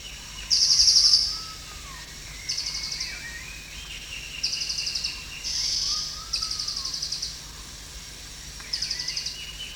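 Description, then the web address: Crested jay calling with repeated dry, high-pitched pulsed rattles, roughly one every one to two seconds, the first loudest; soft slurred whistles sound in between. Recorded at Danum on 1 January 2008. "DANUM 20080101. crested jay"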